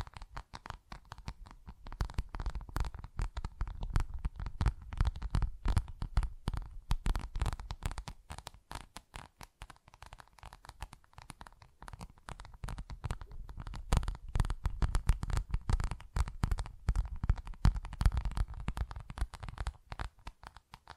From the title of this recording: Tingly Textures Tapping and Scratching